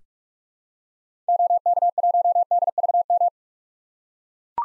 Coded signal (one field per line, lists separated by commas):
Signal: Morse code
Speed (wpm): 44 wpm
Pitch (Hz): 700 Hz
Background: none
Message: OK1DVM